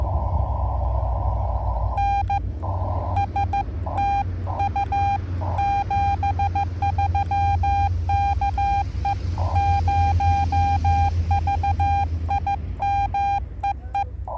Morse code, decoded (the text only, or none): N STU 73 KE0VIM EE